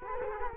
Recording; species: mosquito wingbeat signal from an infrared sensor; Culex quinquefasciatus